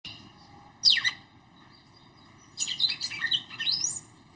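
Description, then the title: Red-cowled cardinal song with a falling slurred phrase, a pause, then a longer twittering phrase ending in a rising whistle, over low hum. Female singing to the male; audio used to excite a male kept bird. "Canto Galo Campina Fêmea. FÊMEA DE GALO DE CAMPINA FOGOSA CANTANDO PRO MACHO"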